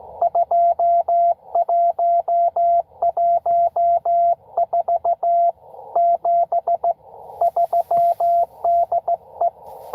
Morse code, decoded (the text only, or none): 2114 73 DE